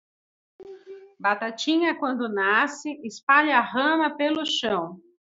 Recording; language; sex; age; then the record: short text; Brazilian Portuguese; female; 40 to 49 years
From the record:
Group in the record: control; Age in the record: 45 years